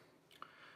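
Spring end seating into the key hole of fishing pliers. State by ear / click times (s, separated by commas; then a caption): seated / 0.4 s. With the aluminum fishing pliers fully open, the tip of the plier spring is pushed down into the key hole with a pick and the plier halves are squeezed together. A soft rustle at 0.3 s is followed by a sharp, fast-decaying click at 0.4 s. The spring end seats in the key hole.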